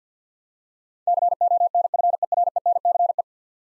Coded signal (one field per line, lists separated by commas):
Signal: Morse code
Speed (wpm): 50 wpm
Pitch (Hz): 700 Hz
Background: none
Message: CONFERENCE